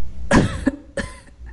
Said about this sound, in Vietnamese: Thuận Trị Đế vừa tới bên giường đã quỳ một gối hành lễ thỉnh an Hoàng Thái Hậu. Lão nhân già ho nhẹ một tiếng.